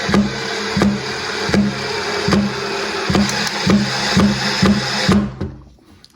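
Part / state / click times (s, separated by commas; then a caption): drywall anchor into drywall panel / seated / 6.0 s. A toggle-style drywall anchor is set into a hole in drywall while rhythmic percussive music plays over it, and the music fades out around 5.2 seconds. In the quiet that follows, a sharp snap at 6.0 seconds marks the anchor snapping open and seating behind the wall, and someone talks just after.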